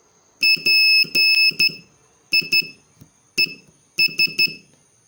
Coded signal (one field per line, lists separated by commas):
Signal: Morse code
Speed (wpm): 13 wpm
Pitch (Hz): 2600 Hz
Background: none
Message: PIES